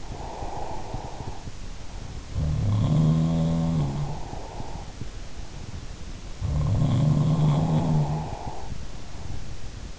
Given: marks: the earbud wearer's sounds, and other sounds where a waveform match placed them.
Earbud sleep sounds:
sounds in sleep by an in-ear microphone; breath
0.00-1.68 s: breath
2.00-5.30 s: sound from someone else or the room
5.93-9.00 s: sound from someone else or the room
9.41-9.99 s: sound from someone else or the room

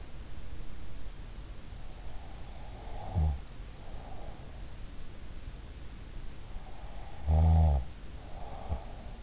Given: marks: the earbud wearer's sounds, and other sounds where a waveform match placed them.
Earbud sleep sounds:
sounds in sleep by an in-ear microphone; snoring breath
2.74-4.67 s: snoring breath
6.83-9.23 s: snoring breath

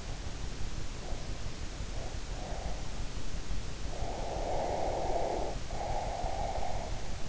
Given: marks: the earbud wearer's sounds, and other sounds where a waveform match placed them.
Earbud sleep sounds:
sounds in sleep by an in-ear microphone; breath
0.90-3.09 s: breath
3.42-7.29 s: breath

